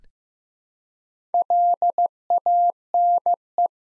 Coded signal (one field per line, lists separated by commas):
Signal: Morse code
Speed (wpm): 15 wpm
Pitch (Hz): 700 Hz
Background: none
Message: LANE